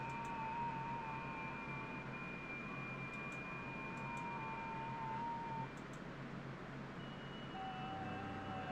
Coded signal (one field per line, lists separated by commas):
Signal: FT8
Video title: FT8 and Some HF Action Live 05/17/2025 #hamradio